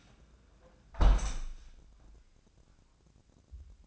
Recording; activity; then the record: daily activity, microphone in the room; close window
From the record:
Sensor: 2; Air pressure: 1012.1 hPa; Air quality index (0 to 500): 98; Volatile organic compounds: 1 ppm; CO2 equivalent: 745 ppm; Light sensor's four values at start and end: 112/269/111/111 and 114/271/112/112